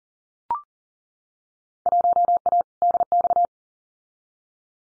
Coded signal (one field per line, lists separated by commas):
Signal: Morse code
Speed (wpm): 38 wpm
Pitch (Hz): 700 Hz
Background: none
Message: 1A DX